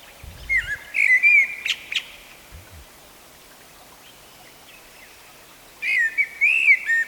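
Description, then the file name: Common blackbird song: two fluted, warbling phrases separated by several seconds of quiet. "Turdus merula"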